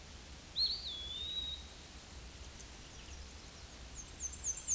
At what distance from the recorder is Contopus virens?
about 10 m